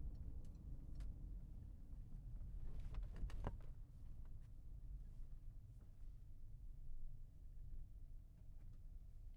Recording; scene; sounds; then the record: everyday scene through a hearing-aid microphone; in a vehicle; engine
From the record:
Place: Berlingo II, diesel engine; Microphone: behind the ear, left, rear